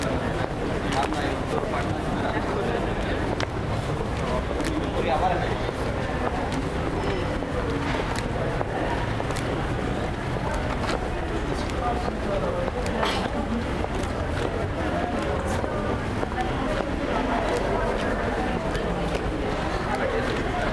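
A steady murmur of many voices in Paris, overlapping chatter with no single speaker standing out. The level holds even throughout, with scattered short clicks and knocks, perhaps footsteps or objects, and a low rumble underneath that may be traffic.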